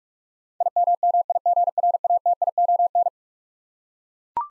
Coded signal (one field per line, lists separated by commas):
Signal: Morse code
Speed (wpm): 41 wpm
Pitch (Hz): 700 Hz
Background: none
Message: IMMIGRATION